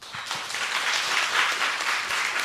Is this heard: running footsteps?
no